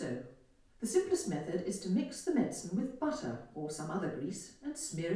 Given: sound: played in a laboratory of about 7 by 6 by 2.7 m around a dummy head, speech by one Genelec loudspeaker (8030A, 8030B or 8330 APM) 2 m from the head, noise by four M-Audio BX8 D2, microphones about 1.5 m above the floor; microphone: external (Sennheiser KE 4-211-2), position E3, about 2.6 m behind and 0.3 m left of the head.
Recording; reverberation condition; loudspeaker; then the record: female speech in English; medium; 60 degrees to the right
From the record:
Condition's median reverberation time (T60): about 510 ms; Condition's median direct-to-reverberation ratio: about -0.5 dB